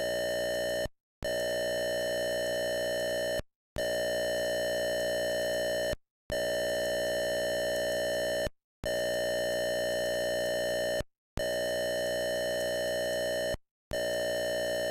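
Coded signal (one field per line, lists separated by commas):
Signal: computer data on cassette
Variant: Atari 8-bit cassette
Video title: Atari 400 Mini Coming soon, Data Cassette Tape Loader - Game - Demon Attack by IMAGINE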